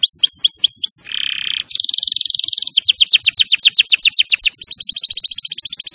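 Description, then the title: Canary song, a fast varied series of tours: falling whistled notes, a brief buzzy trill, then rapid repeated sweeping syllables and a quick high rattle. Champion canary song used as a master recording for training other birds. "Masteran Kenari Juara"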